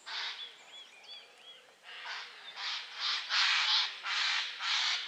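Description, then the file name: Eurasian jay giving several loud, hoarse rasping screeches, preceded by short looping whistled notes. "Garrulus glandarius"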